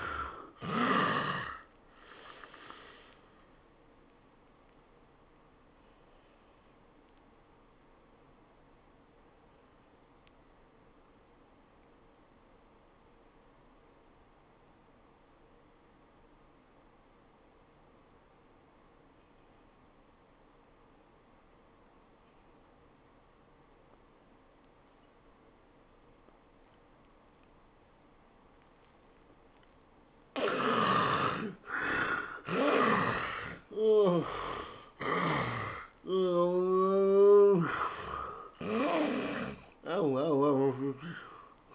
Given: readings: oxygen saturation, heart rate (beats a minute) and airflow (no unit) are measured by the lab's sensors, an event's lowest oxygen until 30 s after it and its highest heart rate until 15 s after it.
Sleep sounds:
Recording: breathing in sleep by a voice recorder at the bedside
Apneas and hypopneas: 1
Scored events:
10.00-33.60 s: obstructive apnea (N1, oxygen 90% highest, then 79% lowest, heart rate 77 at the start, 102 highest)
From the record:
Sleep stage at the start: N1 (lightest sleep)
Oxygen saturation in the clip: 69 to 90%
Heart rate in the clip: 75 to 102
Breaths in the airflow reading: 5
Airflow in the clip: -20.5 to 13.4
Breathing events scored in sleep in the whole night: 403 in 5.5 hours asleep

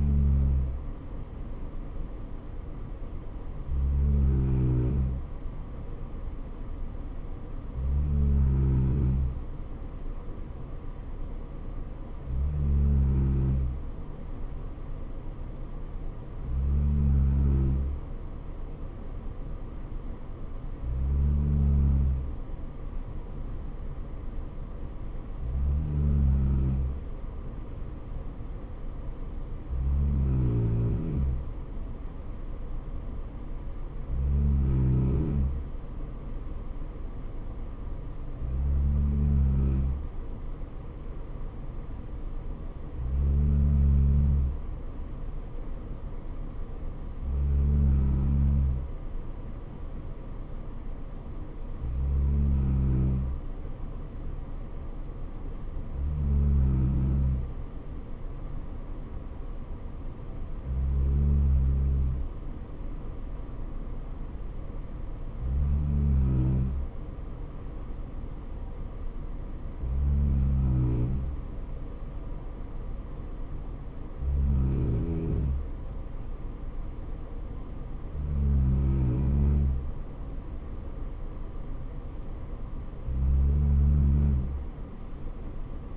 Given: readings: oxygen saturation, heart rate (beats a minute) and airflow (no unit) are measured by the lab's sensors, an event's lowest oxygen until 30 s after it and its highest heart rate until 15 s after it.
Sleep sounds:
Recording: breathing in sleep by a smartphone at the bedside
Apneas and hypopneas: none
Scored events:
none scored
From the record:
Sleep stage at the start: N3 (deep sleep)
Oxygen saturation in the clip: 94 to 95%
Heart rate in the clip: 64 to 70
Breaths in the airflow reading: 19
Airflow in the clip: -3.9 to 3.2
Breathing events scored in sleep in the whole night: 79 in 6.3 hours asleep

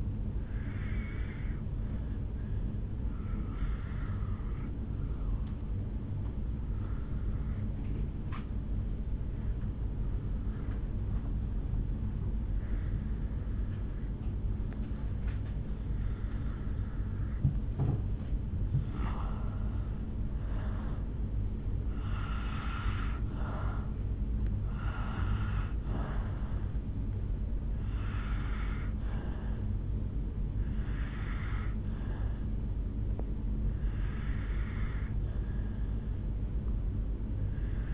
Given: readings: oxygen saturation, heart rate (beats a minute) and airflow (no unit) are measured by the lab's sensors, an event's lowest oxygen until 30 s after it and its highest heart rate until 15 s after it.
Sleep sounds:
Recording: breathing in sleep by a smartphone at the bedside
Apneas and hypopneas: 1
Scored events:
3.00-17.80 s: obstructive apnea (N2, oxygen 96% highest, then 87% lowest, heart rate 53 at the start, 68 highest)
From the record:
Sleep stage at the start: N2 (light sleep)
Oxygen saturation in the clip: 88 to 96%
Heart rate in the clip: 53 to 68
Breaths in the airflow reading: 6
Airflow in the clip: -8.0 to 4.5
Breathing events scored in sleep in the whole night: 449 in 7.0 hours asleep

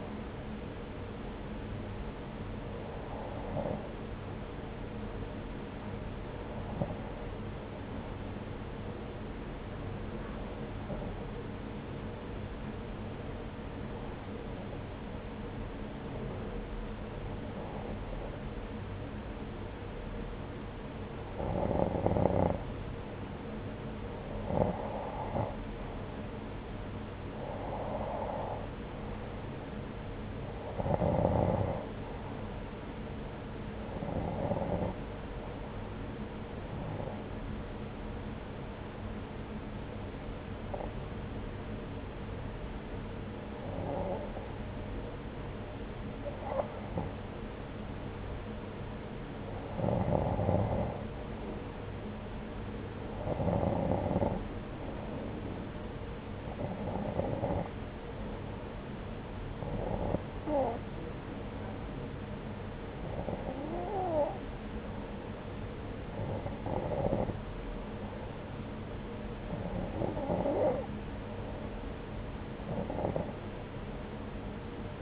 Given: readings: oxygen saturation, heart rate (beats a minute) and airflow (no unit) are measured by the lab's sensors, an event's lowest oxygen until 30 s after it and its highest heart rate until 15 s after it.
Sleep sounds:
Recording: breathing in sleep by a voice recorder at the bedside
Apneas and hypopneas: 1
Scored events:
10.00-28.20 s: hypopnea (N1, oxygen 92% highest, then 90% lowest, heart rate 68 at the start, 81 highest)
42.00-75.02 s: new sleep stage, N2 (light sleep)
From the record:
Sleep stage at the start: N1 (lightest sleep)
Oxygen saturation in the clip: 90 to 93%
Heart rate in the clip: 67 to 85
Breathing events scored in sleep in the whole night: 303 in 8.1 hours asleep

